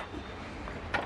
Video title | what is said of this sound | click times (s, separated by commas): Sewing machine Offer#Token తీసుకోండి FREE గా HEAVY DUTY machine పొందండి #ఆఫర్🎉 | ఆటోమేటిక్ గా లైక్ అయిపోతది. ఓకే ఇప్పుడు | 0.9 s